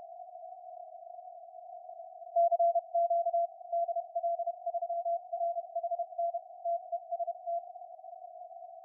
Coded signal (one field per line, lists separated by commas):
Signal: Morse code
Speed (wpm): 31 wpm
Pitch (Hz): 680 Hz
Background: none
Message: CQ DL3RHN TEST